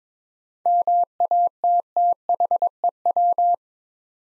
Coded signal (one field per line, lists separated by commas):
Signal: Morse code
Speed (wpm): 21 wpm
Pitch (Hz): 700 Hz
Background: none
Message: MATTHEW